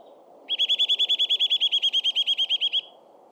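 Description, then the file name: Eurasian nuthatch trill: a fast run of many clear, even whistled notes lasting just over two seconds, with a soft low rumble beneath. "Sitta europaea"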